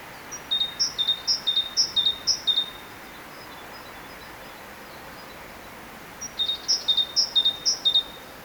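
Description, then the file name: Great tit song: two bursts of repeated two-note whistled phrases, with a long quiet gap between them. "Parus major"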